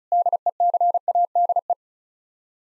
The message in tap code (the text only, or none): none